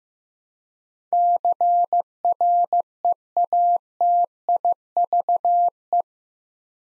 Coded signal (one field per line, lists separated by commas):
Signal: Morse code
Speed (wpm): 15 wpm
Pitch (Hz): 700 Hz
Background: none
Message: CREATIVE